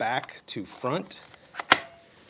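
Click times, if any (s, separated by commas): 1.7 s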